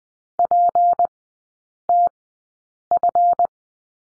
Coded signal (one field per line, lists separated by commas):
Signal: Morse code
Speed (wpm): 20 wpm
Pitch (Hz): 700 Hz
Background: none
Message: PTF